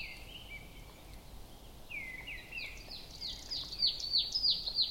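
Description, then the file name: Marsh tit calling: a few soft sliding notes, then a quickening run of sharp, high, downward-flicked chips that grow louder toward the end, over a steady background hiss. "Poecile palustris"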